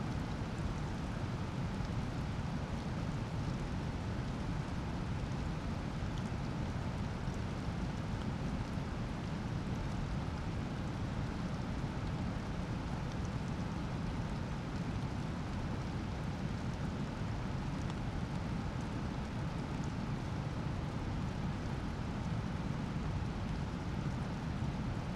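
A swollen torrential stream rushes steadily at night, a dense, unbroken roar strongest in the low range, with rain-like hiss above throughout.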